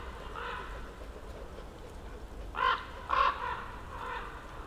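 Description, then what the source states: Common raven giving deep croaks, softer calls at first, then two louder harsh croaks close together, then quieter ones. Ravens circling above a mountain slope for over ten minutes at Patnik mountain side, Goworów, Poland, on a New Year's walk; recordist crouched among young beeches; Zoom F4, AT BP4025.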